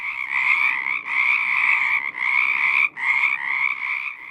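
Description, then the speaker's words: Pacific chorus frogs in a dense chorus, rapid overlapping ribbits forming a continuous din with brief gaps near one, two and three seconds. Also called Pacific tree frog; males ribbit to attract females; heard in the Willamette Valley, Oregon, during late winter and spring, after sunset and sometimes in daylight. "This is the sound of Pacific chorus frogs."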